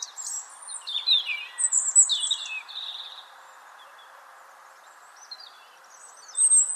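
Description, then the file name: European robin song with tumbling high twitters and sliding whistled notes, a lull in the middle, then a bright phrase at the end; faint steady hiss underneath. "Erithacus rubecula"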